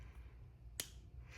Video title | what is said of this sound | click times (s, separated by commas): IPSY BoxyCharm October 2025 2nd Paid Box Unboxing + Swatches + Beauty Boost & Product Insights | you should hear clicks when you close your component. And I just heard one now. So, I'm going to be quiet for a sec so you guys can hear it. | 0.8 s